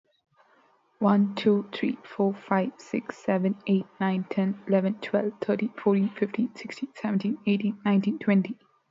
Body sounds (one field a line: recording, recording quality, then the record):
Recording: counting at a fast pace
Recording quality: excellent, no background noise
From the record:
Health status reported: respiratory illness, not identified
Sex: female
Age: 22 years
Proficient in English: yes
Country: India